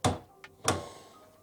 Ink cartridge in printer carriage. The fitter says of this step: until we hear another click.